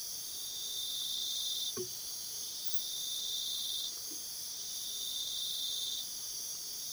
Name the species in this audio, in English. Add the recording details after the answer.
none. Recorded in pastures near Puerto Asís, Putumayo, Colombia, on 20 February 2024 at 03:00. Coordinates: 0.497, -76.327. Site G7276